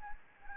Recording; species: mosquito wingbeat signal from an infrared sensor; Anopheles gambiae